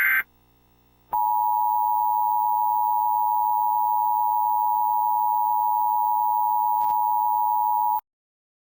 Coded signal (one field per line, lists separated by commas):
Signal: Emergency Alert System (SAME) tones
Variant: 853 and 960 Hz attention tone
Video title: Tornado Warning For West Pennsylvania (EAS 1,037) NWS Pittsburgh, PA